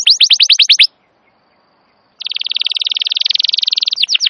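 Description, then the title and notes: Atlantic canary song: a run of fast, downward-sweeping high notes, a pause of over a second, then a long, rapid, buzzy trill of high repeated notes that ends in more sweeps. Wild canary singing long and continuously (gacor); recording used as a master to lure wild canaries or teach caged canaries their song. "Pikat Kenari GACOR PANJANG INI Cocok Untuk Masteran KENARI LIAR. Masteran burung kenari gacor parah"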